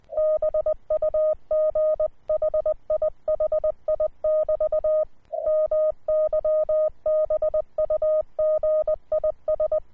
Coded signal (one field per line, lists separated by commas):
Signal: Morse code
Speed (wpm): 20 wpm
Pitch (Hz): 620 Hz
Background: none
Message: BUG HI HI <BT> MY BUG IS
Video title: OK1IF/QRP Rig: uSDX